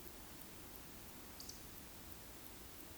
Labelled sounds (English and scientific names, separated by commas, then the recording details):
Eurasian Woodcock (Scolopax rusticola) whistle
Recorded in Baden-Württemberg, Germany, on 13 June 2021 at 20:27 UTC
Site 23718, 552 m above sea level